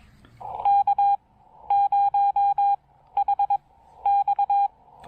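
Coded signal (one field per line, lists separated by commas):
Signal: Morse code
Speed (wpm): 21 wpm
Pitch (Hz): 800 Hz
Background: none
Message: K0HX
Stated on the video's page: Live CW POTA park activation in heavy rain, QRP.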